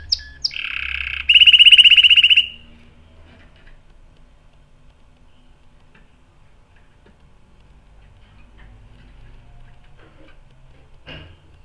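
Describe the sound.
Canary trilling briefly: a couple of opening chips, then a loud rolling trill, followed by quiet with faint scattered sounds.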